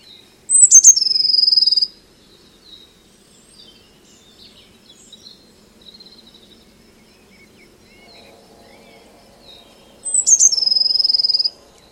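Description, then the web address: Eurasian blue tit calling twice, each a sharp high note running into a rapid scolding buzz, about ten seconds apart, with quiet twitters between. "Deverinetal 2025 File origin Bird Only Cy Ca"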